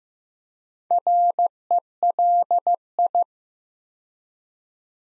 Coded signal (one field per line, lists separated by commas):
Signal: Morse code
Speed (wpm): 15 wpm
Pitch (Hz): 700 Hz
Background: none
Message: RELI